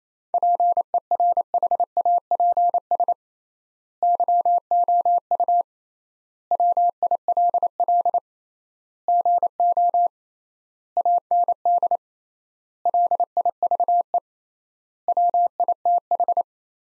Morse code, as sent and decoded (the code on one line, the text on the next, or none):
.--. . .-. .... .- .--. ... / -.-- --- ..- / .-- .. .-.. .-.. / --. --- / .- -. -.. / .-.. .. ...- . / .-- .. - ....
PERHAPS YOU WILL GO AND LIVE WITH